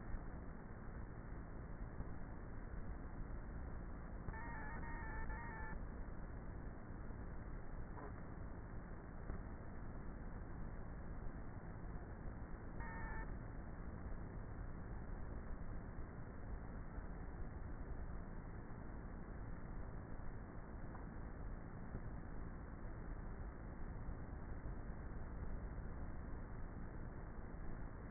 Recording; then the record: honeybee colony, microphone inside the hive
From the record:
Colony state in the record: queenless with a low population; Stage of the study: before two queens were removed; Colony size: about 30,000 bees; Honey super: no